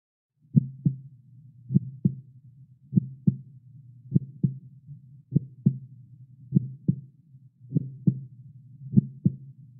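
Steady, slow heartbeat with paired low thuds, a lub and a dub, at about 50 beats a minute. The rhythm is even with no added noises between beats. This is a heartbeat sound effect.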